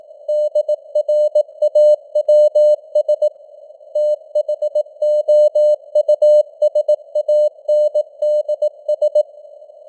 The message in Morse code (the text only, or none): DRAWS THOUSANDS